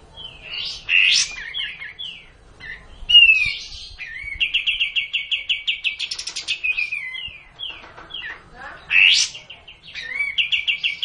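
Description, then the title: Hill blue flycatcher song mixing short downslurred whistles and high upward sweeps with an extended rhythmic trill of repeated notes. Song delivered in the kapas tembak song style. "cililin kapas tembak"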